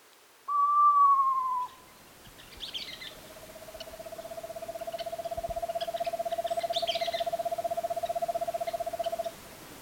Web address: Outdoor Ed Girl Scout Eastern. Screech Owl